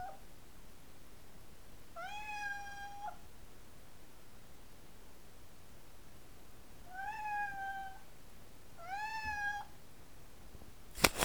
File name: Sibirskij Kot - Myaukane